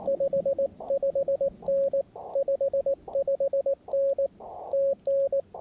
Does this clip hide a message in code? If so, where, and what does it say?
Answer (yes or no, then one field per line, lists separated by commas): yes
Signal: Morse code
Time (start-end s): 0.1-5.4 s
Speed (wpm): 19 wpm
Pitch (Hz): 550 Hz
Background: radio noise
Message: 55N 55N TN